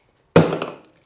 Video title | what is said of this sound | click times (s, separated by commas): The BEST Guide to Restore Headlights PERMANENTLY! | once you hear that pop we've now broken the bladder inside of the can | 0.4 s